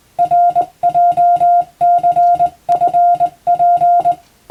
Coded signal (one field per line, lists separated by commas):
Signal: Morse code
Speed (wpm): 20 wpm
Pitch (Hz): 700 Hz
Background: music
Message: RJCFP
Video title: 無線従事者国家試験総合無線通信士電気通信術のトレーニングにＣＷを打ってみました。アマチュア無線ハムの受信練習にもどうぞ(morse code practice for radio operator )